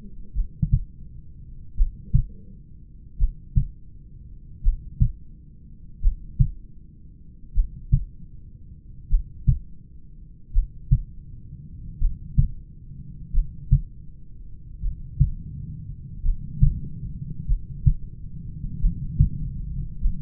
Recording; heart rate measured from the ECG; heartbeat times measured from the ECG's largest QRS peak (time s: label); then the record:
heart sounds by stethoscope; 43 bpm
0.38 s: heartbeat
1.80 s: heartbeat
3.22 s: heartbeat
4.66 s: heartbeat
6.05 s: heartbeat
7.58 s: heartbeat
9.13 s: heartbeat
10.56 s: heartbeat
12.03 s: heartbeat
13.36 s: heartbeat
14.85 s: heartbeat
16.27 s: heartbeat
17.51 s: heartbeat
18.84 s: heartbeat
20.04 s: heartbeat
From the record:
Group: heart failure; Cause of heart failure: familial cardiomyopathy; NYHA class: 1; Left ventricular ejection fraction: 49%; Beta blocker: bisoprolol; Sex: male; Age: 31 years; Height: 194 cm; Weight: 96 kg